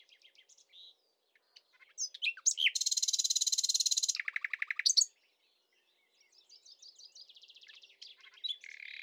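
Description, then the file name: Common nightingale song: varied chirps, then a loud, very rapid buzzing trill, dropping to a lower rattle, followed by softer buzzy phrases. "Luscinia megarhynchos"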